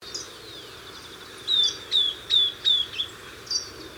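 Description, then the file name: Southern beardless tyrannulet with four clear, high, down-slurred whistles in quick succession, then two softer notes, after a quiet start with low background noise. "Camptostoma obsoletum - Southern Beardless Tyrannulet"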